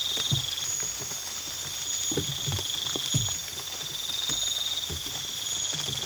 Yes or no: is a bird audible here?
no